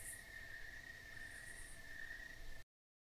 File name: crickets country field night with nearby raspy cicada